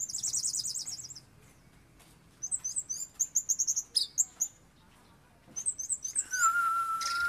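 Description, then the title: Oriental magpie-robin song: fast high rattling trills and chattering phrases, ending in a long steady whistled note. "Kicau Kacer"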